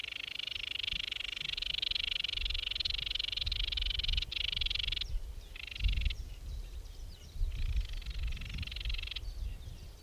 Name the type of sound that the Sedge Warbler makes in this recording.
song